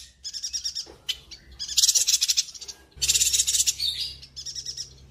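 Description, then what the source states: Streaked spiderhunter song of dense, high, rattling note bursts, some longer and louder, broken by brief gaps. Long, clear, vigorous singing (gacor) meant as a song-tutor (masteran) for birds.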